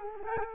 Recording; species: mosquito wingbeat signal from an infrared sensor; Culex quinquefasciatus